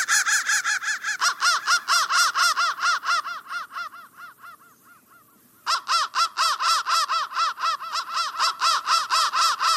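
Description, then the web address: Steady repeated crow caws, hoarse and harsh, fade briefly to near silence, then resume at an even, quick pace. "soundfactory crow 1"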